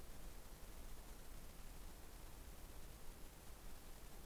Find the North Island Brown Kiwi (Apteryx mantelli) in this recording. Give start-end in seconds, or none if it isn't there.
none